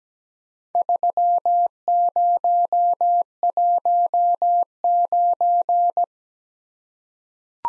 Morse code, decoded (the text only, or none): 3019